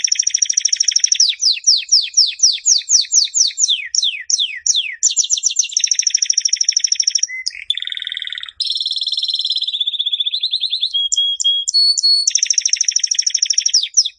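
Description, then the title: Canary singing a continuous medley: fast repeated downslurred notes, a low harsh burst, then steady high trills and short clipped whistles. Master song for training canaries. "Suara Burung Kenari Masteran"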